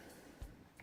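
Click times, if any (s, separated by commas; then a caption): none. A removable plastic panel piece with holes and notches is handled as it is reinstalled into a Star Wars Episode 1 The Phantom Menace Theed Generator Complex toy playset. Low handling bumps are heard, with a brief thump around 0.4 s and a faint higher tap near 0.8 s. Nothing has seated or clicked yet.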